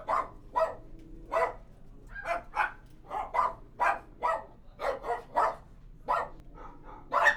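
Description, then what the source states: Dog giving a steady run of loud, rough barks. Recorded inside a kennel.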